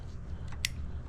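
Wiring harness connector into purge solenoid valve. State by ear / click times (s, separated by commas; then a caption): seated / 0.6 s. A wiring harness electrical connector is plugged onto a new plastic purge solenoid valve on a Chevrolet Impala. A sharp click sounds at 0.6 s as the connector seats, confirming it has clicked in, after a softer scrape just before.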